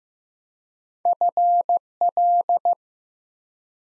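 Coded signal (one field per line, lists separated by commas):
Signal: Morse code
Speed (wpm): 15 wpm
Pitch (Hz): 700 Hz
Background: none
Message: FL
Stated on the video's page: Morse practice at 15 wpm: 4-letter words sent two letters at a time for instant character recognition, beginner word-building drill.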